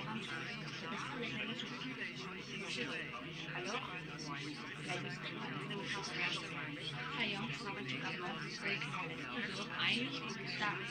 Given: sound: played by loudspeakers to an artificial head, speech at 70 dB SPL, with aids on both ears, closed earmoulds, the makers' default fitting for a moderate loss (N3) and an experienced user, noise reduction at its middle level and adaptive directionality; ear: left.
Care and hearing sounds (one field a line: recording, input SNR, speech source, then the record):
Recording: speech test signal (ISTS) in cocktail-party noise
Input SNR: -3 dB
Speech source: on the right (90 degrees)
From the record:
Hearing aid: class 2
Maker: F